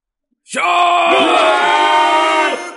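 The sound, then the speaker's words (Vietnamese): A loud, sustained mass scream from countless people of a clan all at once, rising abruptly and holding steady for about two seconds in a dense, layered roar before cutting off. “Tiếng thét này cũng không phải tiếng thét của một người, mà là vô số người của tiên di tộc toàn bộ cùng thét.”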